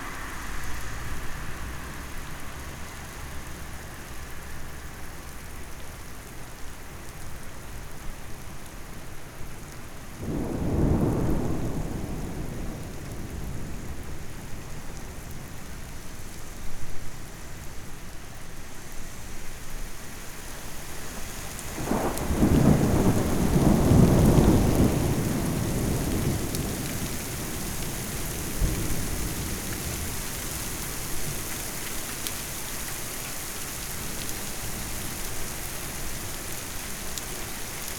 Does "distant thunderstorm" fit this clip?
yes